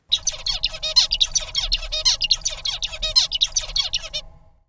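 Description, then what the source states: Zebra finch song: a rapid string of buzzy, nasal syllables and short harsh notes, repeated in quick succession for about four seconds. Adult male, the father; recording played for comparison with his son.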